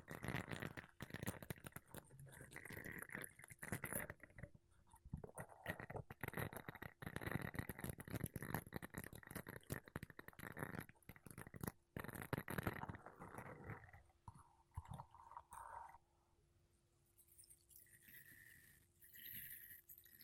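Makeup brushes and a sponge brush across a microphone in dense, scratchy strokes that fill most of the first fourteen seconds. The sound is rough and bristly, with short pauses near 4 and 12 seconds. After about 14 seconds it thins to softer, sparser rubbing with a faint steady hum.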